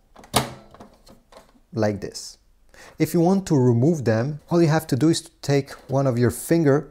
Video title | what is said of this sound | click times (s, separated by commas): How to Install Ink Cartridge: HP DeskJet 2742e Printer | push it until it clicks | 0.4 s